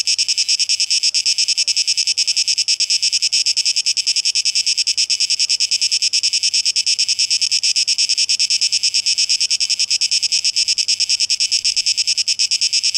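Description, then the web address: Cicadas singing, a dense high buzzing made of rapid pulses, running steadily without a break. Recorded 12 August 2023; tape echo mix. "rauschpartikel Audio 2023-08-12 Zikaden"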